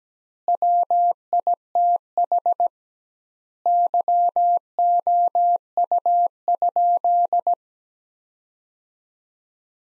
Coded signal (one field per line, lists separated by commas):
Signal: Morse code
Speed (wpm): 17 wpm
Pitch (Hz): 700 Hz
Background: none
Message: WITH YOU?